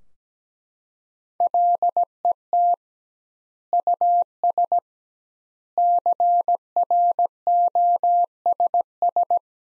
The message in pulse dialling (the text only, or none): none